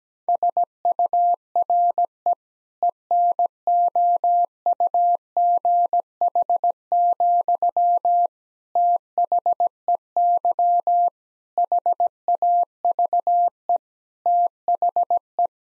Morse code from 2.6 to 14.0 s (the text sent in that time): ENOUGH, THEY HAVE